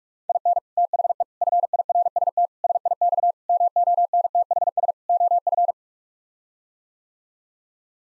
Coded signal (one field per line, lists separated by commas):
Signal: Morse code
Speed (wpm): 46 wpm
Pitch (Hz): 700 Hz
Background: none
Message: IN THE FIRST SIX MONTHS OF